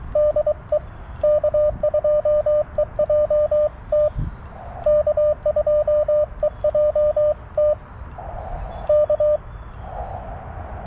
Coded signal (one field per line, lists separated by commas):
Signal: Morse code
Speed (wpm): 23 wpm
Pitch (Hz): 600 Hz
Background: none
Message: DE K2EJT K2EJT K